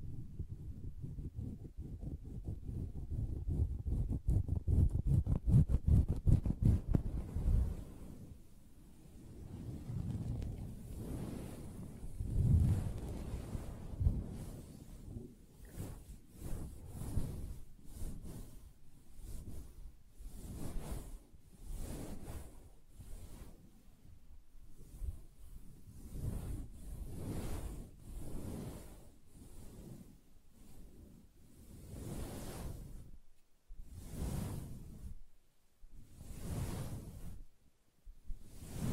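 Fingers tap and scratch across a soft fabric surface, making muffled, low thuds and rustles. The first few seconds hold a fast, dense run of scratching, then it settles into separate taps and brushing strokes, irregular at first, with a few gaps and sparser taps toward the end.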